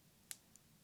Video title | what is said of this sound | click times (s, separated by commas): How to Set Up Fitbit Sense (Step-by-Step) | and you hear a little click and then i can gently pull out super easy | 0.3 s